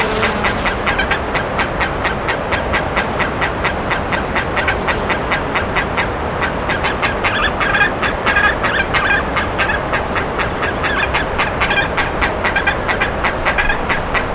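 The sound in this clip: Bird calls: harsh notes repeated rapidly for the whole stretch over a constant broad hiss.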